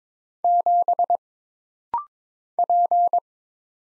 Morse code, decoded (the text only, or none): 7 P